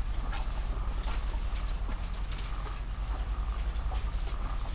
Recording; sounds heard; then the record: poultry house recording; sick chickens (respiratory disease)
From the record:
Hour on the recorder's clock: 23